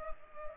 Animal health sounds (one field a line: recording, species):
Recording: mosquito wingbeat signal from an infrared sensor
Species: Culex pipiens